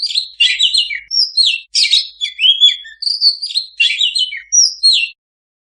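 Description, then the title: Oriental magpie-robin singing a rapid series of sweet whistles and buzzy chatter for about five seconds, then falling quiet. Master recording (masteran) of a vigorously singing (gacor) kacer, intended to be played for owners' kacer that do not sing (bisu). "mster Mnuk. Suara Masteran Kacer Gacor. Kacer Bisu"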